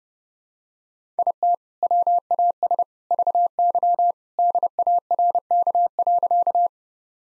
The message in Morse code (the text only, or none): IT WAS VY DARK.